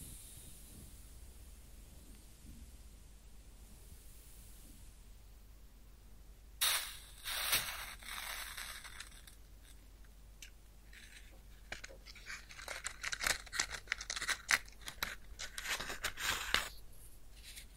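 A match is struck at about six and a half seconds, flaring with a bright hissing rush that fades over the next couple of seconds. Before that only a faint high hiss. From about twelve seconds, sharp crackles and sizzling bursts come in quick, irregular clusters.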